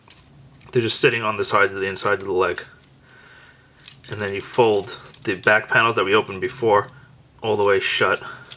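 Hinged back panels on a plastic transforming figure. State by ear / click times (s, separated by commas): not seated / none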